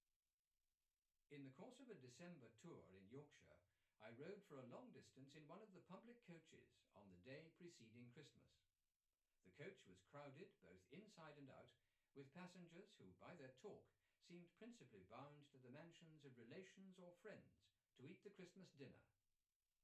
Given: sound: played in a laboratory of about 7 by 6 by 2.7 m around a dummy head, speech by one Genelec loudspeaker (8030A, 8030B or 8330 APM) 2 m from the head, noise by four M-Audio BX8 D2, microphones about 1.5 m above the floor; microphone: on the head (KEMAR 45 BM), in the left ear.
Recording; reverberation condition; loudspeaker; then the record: male speech in English; low; 60 degrees to the right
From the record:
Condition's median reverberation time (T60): about 310 ms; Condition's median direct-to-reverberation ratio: about 3.5 dB